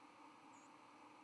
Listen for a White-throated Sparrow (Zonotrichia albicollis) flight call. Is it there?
no